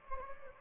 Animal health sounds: mosquito wingbeat signal from an infrared sensor; Anopheles gambiae

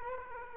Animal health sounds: mosquito wingbeat signal from an infrared sensor; Culex quinquefasciatus

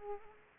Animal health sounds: mosquito wingbeat signal from an infrared sensor; Aedes aegypti

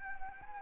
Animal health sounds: mosquito wingbeat signal from an infrared sensor; Anopheles arabiensis

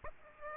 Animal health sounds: mosquito wingbeat signal from an infrared sensor; Aedes aegypti

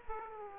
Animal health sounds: mosquito wingbeat signal from an infrared sensor; Aedes aegypti

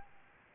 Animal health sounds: mosquito wingbeat signal from an infrared sensor; Aedes aegypti

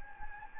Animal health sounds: mosquito wingbeat signal from an infrared sensor; Anopheles gambiae

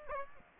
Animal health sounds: mosquito wingbeat signal from an infrared sensor; Aedes aegypti

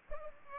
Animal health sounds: mosquito wingbeat signal from an infrared sensor; Culex pipiens

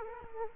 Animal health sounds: mosquito wingbeat signal from an infrared sensor; Aedes aegypti

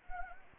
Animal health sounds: mosquito wingbeat signal from an infrared sensor; Anopheles gambiae

